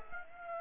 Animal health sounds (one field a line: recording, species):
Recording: mosquito wingbeat signal from an infrared sensor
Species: Aedes aegypti